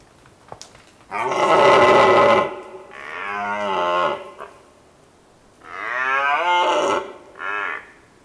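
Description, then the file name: Red deer roaring: a loud drawn-out bellow, then a wavering groan. After a pause comes another long roar and a brief final grunt. Recorded on Volovec hill, Slovakia. "Cervus Elaphus Slovakia hill Volovec"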